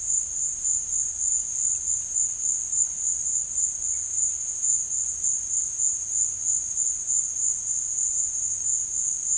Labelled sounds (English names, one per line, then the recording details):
none
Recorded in dense forest near Puerto Asís, Putumayo, Colombia, on 13 March 2025 at 17:00
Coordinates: 0.484, -76.317
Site G064